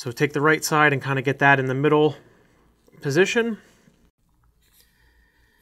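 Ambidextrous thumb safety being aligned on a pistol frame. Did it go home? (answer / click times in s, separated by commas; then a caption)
no / none. Someone talks while the right side of an EGW ambidextrous thumb safety is moved to the middle position and lined up on a pistol frame before being pressed together. Only faint handling sounds follow, around 4.1 and 4.4 seconds. Nothing has seated or clicked yet.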